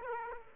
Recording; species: mosquito wingbeat signal from an infrared sensor; Aedes aegypti